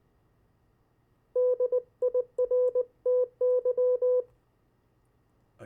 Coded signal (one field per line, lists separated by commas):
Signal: Morse code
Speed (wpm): 20 wpm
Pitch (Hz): 500 Hz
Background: none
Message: DIRTY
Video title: CW Copy practice of Opposite Words, Pen and paper follow along.